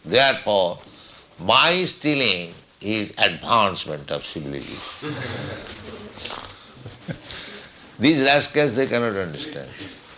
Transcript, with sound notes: Therefore my stealing is advancement of civilization." [chuckles] These rascals, they cannot understand this.